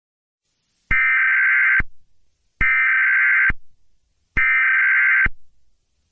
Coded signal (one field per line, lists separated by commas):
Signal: Emergency Alert System (SAME) tones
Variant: header bursts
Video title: EMERGENCY ALERT SYSTEM Fishy Abduction Interrupts The Klasky Csupo Effects Competition show!!!